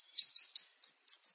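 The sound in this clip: Plain prinia with a short series of high, thin notes: three quick upslurs followed by three flat, sharp piping notes.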